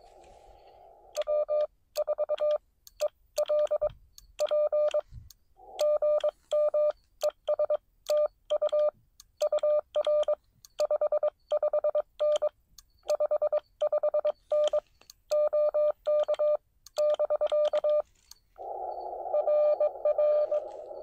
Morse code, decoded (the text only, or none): W4ELP GM ES TU UR 55N 55N OK <BK> RR